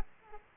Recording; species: mosquito wingbeat signal from an infrared sensor; Aedes aegypti